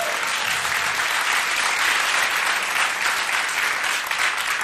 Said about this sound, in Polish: Lubię wychodzić tu do studia Agnieszki Osieckiej z artystami, dlatego że wtedy mnie się też dostają oklaski. Dziękuję Państwu bardzo.